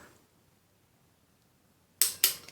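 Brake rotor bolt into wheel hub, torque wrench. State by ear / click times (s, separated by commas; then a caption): torque reached / 2.0 s. A click-type torque wrench tightens a bolt on an IIIPRO floating brake rotor into the front wheel hub of a Sur Ron Light Bee motorbike. After a quiet stretch, the wrench breaks over with a sharp metallic snap at 2.0 s, followed by a second similar snap at 2.2 s. The bolt reaches the wrench's torque setting.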